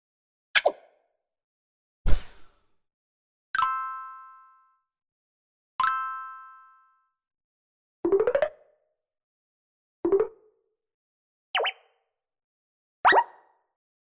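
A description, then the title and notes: Short sound effects for a casual game, each separated by about a second of silence. The set opens with quick plops and a thump, continues with two ringing dings that fade over roughly a second, and ends with several brief bright chirps and pops. Fruit station - Sound fx. Here you can hear the sound fx created for this lovable casual game.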